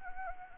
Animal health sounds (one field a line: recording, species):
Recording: mosquito wingbeat signal from an infrared sensor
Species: Anopheles gambiae